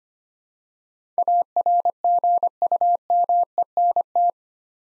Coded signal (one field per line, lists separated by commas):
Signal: Morse code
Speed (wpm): 25 wpm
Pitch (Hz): 700 Hz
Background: none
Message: ARGUMENT